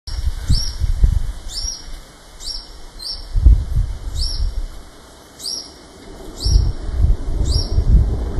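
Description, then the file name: Social flycatcher giving short, rising, high notes repeated about every second, over heavy low rumbling noise. Recorded on 1 April 2013 along Route 101. "Myiozetetes-similis 2013-04-01 Ruta-101 Jorge-La-Grotteria"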